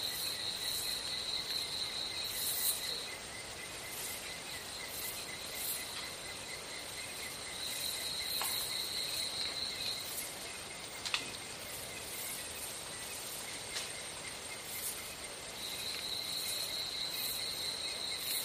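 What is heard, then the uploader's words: Jungle sounds with a steady bed of insect trilling, marked by bright, pulsing bands of chirping that come and go in long stretches, strongest early, mid-clip and at the end. Short clicks and taps are scattered throughout, one sharper snap just past eleven seconds. This episode of the White Noise Podcast is JUNGLE SOUNDS.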